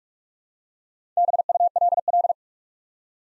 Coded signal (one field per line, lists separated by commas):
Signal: Morse code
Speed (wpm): 44 wpm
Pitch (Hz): 700 Hz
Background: none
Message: BULL